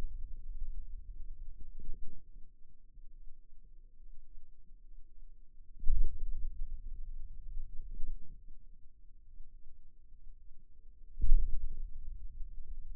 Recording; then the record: forearm muscle sounds (acoustic myography)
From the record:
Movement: hand opening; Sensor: system 2, bracelet of six BSWA MPA416 microphones around the upper forearm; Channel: 1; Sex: male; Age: 22 years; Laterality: right